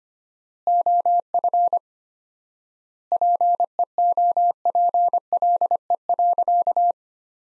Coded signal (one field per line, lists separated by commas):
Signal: Morse code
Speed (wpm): 25 wpm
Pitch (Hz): 700 Hz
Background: none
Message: OF PEOPLE.